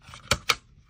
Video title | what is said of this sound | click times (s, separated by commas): Magblock Pmag MOE Gen2 Limiter Installation by MagazineBlocks.com | put the floor plate back on and then just give it a nice tap and it'll lock into place | 0.3 s, 0.5 s